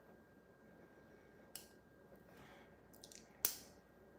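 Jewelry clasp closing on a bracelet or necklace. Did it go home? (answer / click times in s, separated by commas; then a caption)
yes / 3.4 s. A jewelry clasp on a bracelet or necklace is closed as the piece is put on again during a live jewelry sale. A soft tick near 1.6 s and faint fumbling ticks around 3.0–3.2 s lead to one sharp, loud click at 3.4 s, over a low steady hum. The clasp clicks shut and is seated.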